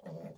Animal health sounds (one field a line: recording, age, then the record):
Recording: pig call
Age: piglet (1 to 25 days)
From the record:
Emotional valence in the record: negative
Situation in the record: short isolation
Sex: female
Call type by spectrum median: low-frequency call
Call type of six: low-frequency modulated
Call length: 0.38 s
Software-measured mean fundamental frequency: 54 Hz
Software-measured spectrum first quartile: 177 Hz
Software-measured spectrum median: 357 Hz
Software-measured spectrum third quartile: 597 Hz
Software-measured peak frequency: 182 Hz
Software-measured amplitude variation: 148 dB a second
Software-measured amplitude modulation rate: 23.4 a second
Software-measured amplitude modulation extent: 6.3 dB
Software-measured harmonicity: 3.2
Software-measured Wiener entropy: 0.16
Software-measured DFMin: 957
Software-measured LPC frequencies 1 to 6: 578, 1929, 3412, 4558, 5446, 6619 Hz